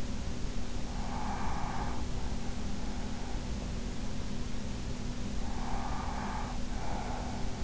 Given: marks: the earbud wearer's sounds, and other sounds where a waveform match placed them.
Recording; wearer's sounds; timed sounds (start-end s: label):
sounds in sleep by an in-ear microphone; breath
0.87-2.44 s: breath
5.44-7.64 s: breath